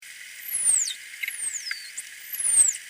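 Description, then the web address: Dolphin whistles: three high, clear, downward-sliding whistles, each under a second, over a steady background hiss. Dolphin signature whistles. "our dolphins signatures"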